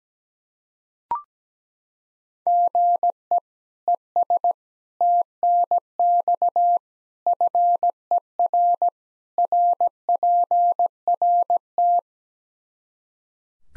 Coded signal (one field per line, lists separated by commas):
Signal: Morse code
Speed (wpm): 17 wpm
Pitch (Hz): 700 Hz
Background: none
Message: GE ES TNX FER RPRT